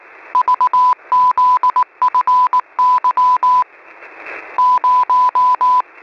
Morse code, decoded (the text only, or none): VZFY 0